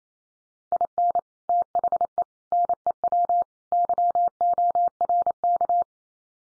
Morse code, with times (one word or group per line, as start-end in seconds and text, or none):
0.7-1.2 IN
1.5-2.2 THE
2.5-3.4 NEW
3.7-5.8 YORK